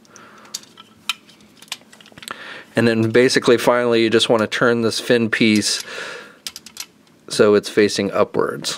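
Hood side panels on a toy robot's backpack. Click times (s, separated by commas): 1.1 s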